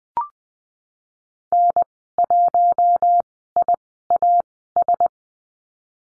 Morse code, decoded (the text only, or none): N1IAS